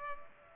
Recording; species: mosquito wingbeat signal from an infrared sensor; Culex pipiens